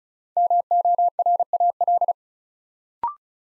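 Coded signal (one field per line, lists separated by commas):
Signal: Morse code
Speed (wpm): 36 wpm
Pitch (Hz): 700 Hz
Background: none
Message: MORAL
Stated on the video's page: 35 wpm Morse practice building five-letter words one letter at a time, aimed at instant character recognition.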